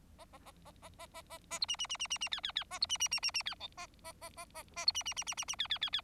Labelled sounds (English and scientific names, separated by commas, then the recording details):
Bengalese Finch (Lonchura striata domestica) song
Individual Bird4